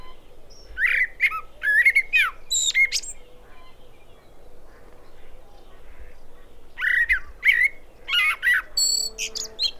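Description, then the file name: Common blackbird singing mellow whistled notes with high twittering flourishes, two groups of phrases separated by a pause, soft hum beneath. "Turdus merula"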